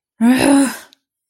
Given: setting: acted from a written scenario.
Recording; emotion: vocal sound without words; anger